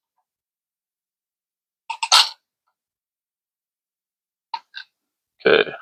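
A primer is pressed into the primer pocket of a brass cartridge case on a priming tool during reloading. Short bursts come around 1.9–2.3 seconds, then a sharp click at 4.5 seconds and a fainter tick just after, and someone talks. The primer is only partly seated and not all the way into the brass.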